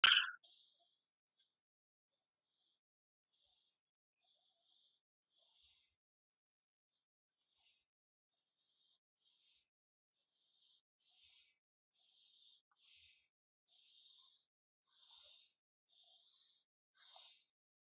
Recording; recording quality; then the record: deep breathing; excellent, no background noise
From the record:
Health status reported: healthy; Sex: male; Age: 53 years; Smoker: yes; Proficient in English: yes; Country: India